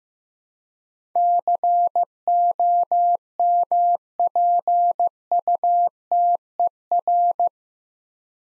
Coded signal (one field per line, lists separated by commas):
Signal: Morse code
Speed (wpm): 15 wpm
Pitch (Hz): 700 Hz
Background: none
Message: COMPUTER